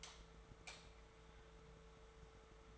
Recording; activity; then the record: daily activity, microphone in the room; light off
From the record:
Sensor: 3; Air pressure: 1014.6 hPa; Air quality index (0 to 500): 182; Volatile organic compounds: 19 ppm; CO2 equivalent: 2658 ppm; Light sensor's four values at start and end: 19/50/21/21 and 16/40/16/17